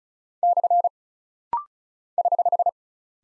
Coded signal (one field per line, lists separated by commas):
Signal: Morse code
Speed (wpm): 36 wpm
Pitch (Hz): 700 Hz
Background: none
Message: / <HH>